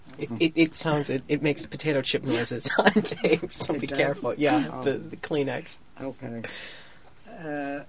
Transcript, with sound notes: It sounds, it makes potato chip noises on tape, so be careful. ( he laughs )
It does?
Yeah, the kleenex.
Okay.